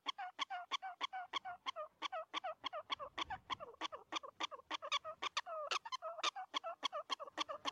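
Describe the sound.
Prairie dog barking rapidly and somewhat irregularly, short bright chirps with dipping tails.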